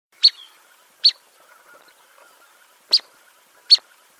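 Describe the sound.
Bird uttering four sharp, high chirps in two loose pairs, the first two close together, then a pause before the last two.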